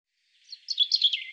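European robin song fragment: a short burst of rapid, high, tinkling twitters building to a quick jumbled flourish, clean with nothing else heard.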